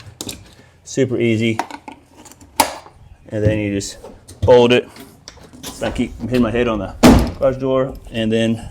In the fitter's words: this part just latches back into these little connectors.